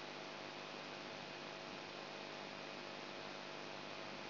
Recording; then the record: brain microelectrode recording played as sound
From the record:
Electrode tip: outside the subthalamic nucleus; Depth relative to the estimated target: -6 mm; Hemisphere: right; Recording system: AlphaMap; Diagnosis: Parkinson's disease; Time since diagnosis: 9 years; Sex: male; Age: 58 years